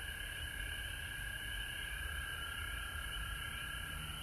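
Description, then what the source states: Frogs calling in a dense chorus, a steady mass of overlapping trilled notes with a low rumble underneath. Recorded at home in Georgia on March 19, 2020.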